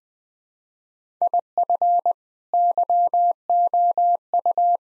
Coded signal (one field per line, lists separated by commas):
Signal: Morse code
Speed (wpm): 20 wpm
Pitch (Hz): 700 Hz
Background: none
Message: IF YOU